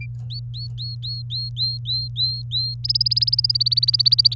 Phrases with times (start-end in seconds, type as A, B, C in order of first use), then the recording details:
0.30-2.74 A, 2.84-4.34 B. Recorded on 24 April 2018 at 06:18. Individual llb3